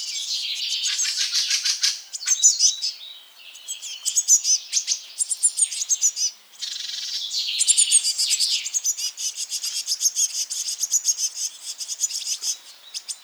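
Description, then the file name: Eurasian blue tit calls, dense high chirping and rapid scolding notes running almost without break. "Cyanistes caeruleus"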